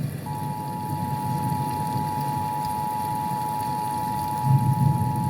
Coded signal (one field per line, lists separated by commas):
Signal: Emergency Alert System (SAME) tones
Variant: 853 and 960 Hz attention tone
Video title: Aperliptic Inc Underground Facility (beta): [Ending 1, Emergency Alert System Evacuation Report.]